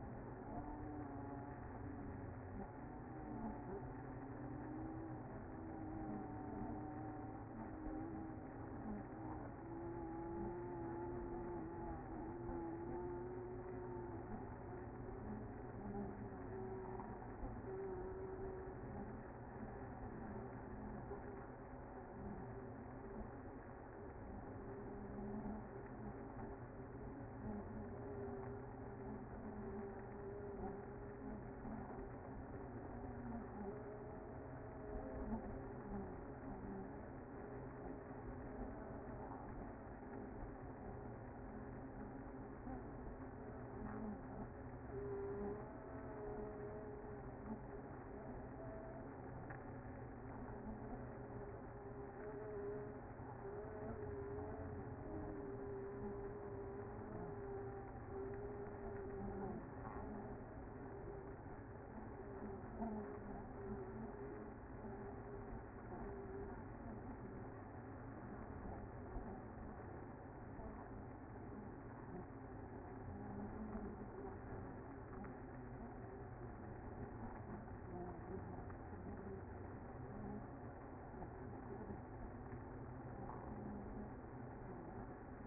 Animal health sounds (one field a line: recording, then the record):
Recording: honeybee colony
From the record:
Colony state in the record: active